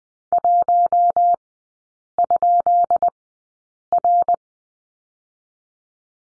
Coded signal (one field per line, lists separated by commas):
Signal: Morse code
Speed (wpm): 20 wpm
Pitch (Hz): 700 Hz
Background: none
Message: 1?R